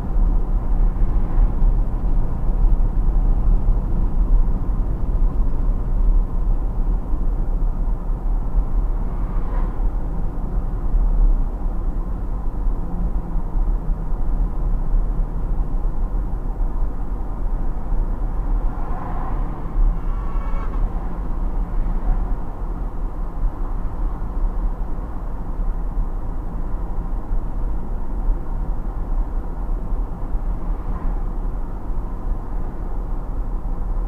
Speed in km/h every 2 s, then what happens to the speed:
62, 62, 62, 62, 62, 62, 62, 62, 62, 62, 62, 62, 62, 62, 62, 62, 62.
0-34 steady at about 62.